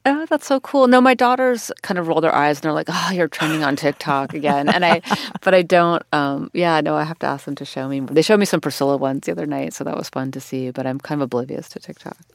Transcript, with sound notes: Oh, that's so cool. No, my daughters kind of roll their eyes and they're like, oh, you're trending on TikTok again.
(Laughter).
And I - but I don't - yeah, no, I have to ask them to show me. They showed me some "Priscilla" ones the other night, so that was fun to see, but I'm kind of oblivious to TikTok.